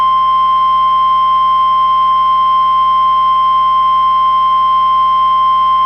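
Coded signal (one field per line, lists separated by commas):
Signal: Emergency Alert System (SAME) tones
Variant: 1050 Hz attention tone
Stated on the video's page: Mock recreation with valid tones of a South Dakota civil emergency message about flooding, styled as a Midcontinent cable system alert.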